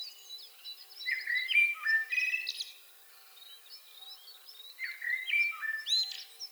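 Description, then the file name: Common blackbird song: two mellow, warbled whistled phrases, each trailing into high thin squeaks, with faint chirps of other birds between. "Turdus merula"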